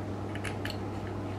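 A metal flash shoe cover is handled and pushed onto the top plate of a vintage Olympus Pen half-frame film camera, giving a few brief scraping ticks around 0.4–0.7 s over a steady low hum. The cover has not yet locked in place, and nothing has seated or clicked.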